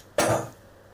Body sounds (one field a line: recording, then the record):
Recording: coughing mixed with background sound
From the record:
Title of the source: Cough Around the Clock!